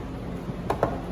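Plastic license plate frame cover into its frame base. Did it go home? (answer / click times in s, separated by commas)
yes / 0.7 s, 0.8 s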